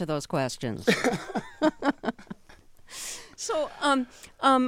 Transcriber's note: laughter